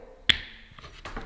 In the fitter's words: coaxial connector, line it up, and just push till I hear that click.